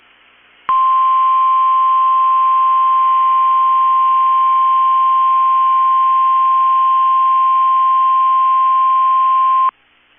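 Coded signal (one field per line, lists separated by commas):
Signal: Emergency Alert System (SAME) tones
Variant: 1050 Hz attention tone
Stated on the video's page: Statewide tornado drill alert received on NOAA Weather Radio station.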